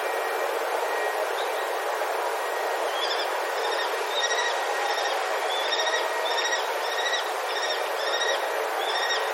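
Common kestrel with faint, sharp, repeated short notes starting after about three seconds and continuing steadily, partly masked by a heavy steady hiss.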